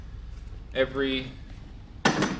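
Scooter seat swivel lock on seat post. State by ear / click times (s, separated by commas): seated / 2.1 s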